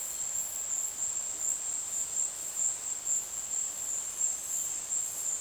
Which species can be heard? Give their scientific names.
none